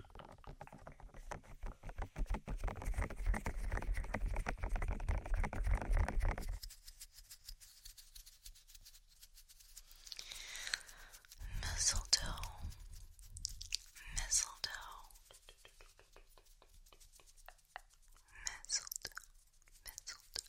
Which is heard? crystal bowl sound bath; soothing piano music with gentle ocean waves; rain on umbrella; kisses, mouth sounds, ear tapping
kisses, mouth sounds, ear tapping